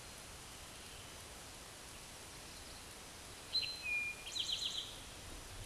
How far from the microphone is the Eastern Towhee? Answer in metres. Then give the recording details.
about 25 m. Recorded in a Pennsylvania forest on 17 May 2023 at 13:16. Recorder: AudioMoth, point grid1_31_low. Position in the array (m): 120 m, 85 m